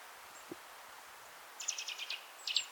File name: Sitta europaea